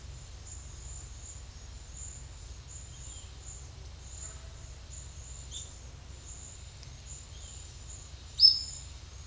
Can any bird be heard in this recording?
yes